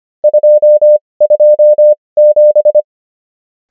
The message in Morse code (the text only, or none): 227